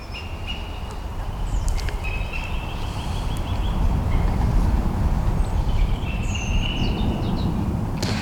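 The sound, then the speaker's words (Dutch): A goshawk gives harsh, strained alarm calls in a few bursts, its high cries rising over a steady, loud low rumble of background noise that runs throughout. “Dat is de havik. Horen we hier. Het is een alarmerende havik, roepend.”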